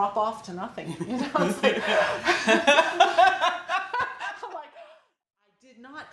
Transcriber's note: laughs as mouths and demonstrates